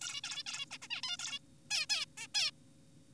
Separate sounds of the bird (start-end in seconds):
0.01-0.21, 0.24-0.43, 0.46-0.66, 0.71-0.78, 0.82-0.88, 0.91-1.01, 1.03-1.17, 1.19-1.39, 1.71-1.86, 1.90-2.05, 2.17-2.27, 2.35-2.51